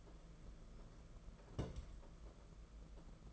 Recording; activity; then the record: daily activity, microphone in the room; place on stove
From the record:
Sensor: 5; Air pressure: 992.2 hPa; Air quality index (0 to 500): 210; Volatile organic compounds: 1000 ppm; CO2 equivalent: 6086 ppm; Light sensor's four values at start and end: 6/14/5/6 and 6/14/5/6